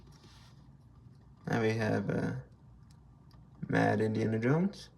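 A swap head sculpt for an S.H. Figuarts Indiana Jones plastic action figure is being handled to press onto the neck joint peg. Someone talks in two bursts, with a couple of faint brief ticks between them. Nothing has seated or clicked yet.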